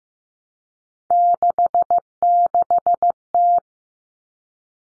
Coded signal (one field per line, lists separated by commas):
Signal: Morse code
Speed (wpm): 15 wpm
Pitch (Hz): 700 Hz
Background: none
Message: 66T